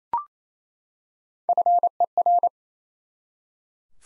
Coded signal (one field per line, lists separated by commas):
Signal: Morse code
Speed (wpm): 28 wpm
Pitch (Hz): 700 Hz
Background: none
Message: FER